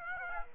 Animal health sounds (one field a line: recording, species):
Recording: mosquito wingbeat signal from an infrared sensor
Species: Aedes aegypti